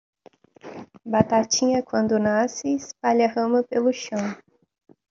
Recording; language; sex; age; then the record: short text; Brazilian Portuguese; female; 20 to 29 years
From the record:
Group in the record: control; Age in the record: 24 years